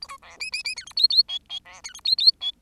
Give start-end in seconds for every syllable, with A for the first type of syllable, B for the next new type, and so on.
0.01-0.08 A, 0.08-0.17 B, 0.22-0.37 C, 0.40-0.50 D, 0.52-0.63 D, 0.64-0.75 D, 0.76-0.85 E, 0.86-0.93 F, 0.96-1.08 G, 1.09-1.23 G, 1.28-1.39 H, 1.49-1.60 H, 1.65-1.81 C, 1.84-1.93 E, 1.94-2.00 F, 2.04-2.16 G, 2.18-2.32 G, 2.40-2.51 H